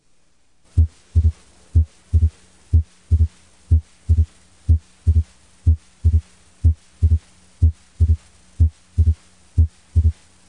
An abnormal S3 in patients with constrictive pericarditis is called a pericardial knock.